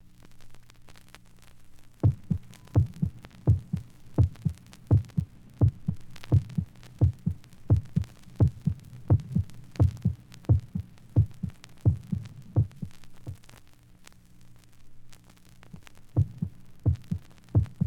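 Steady, deep thumping heartbeat at about 86 beats a minute, the beats in lub-dub pairs that fade in after a quiet start and soften again toward the end. A low hum runs underneath.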